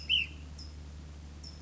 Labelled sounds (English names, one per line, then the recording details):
Ash-throated Flycatcher
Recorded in Sonoma County, California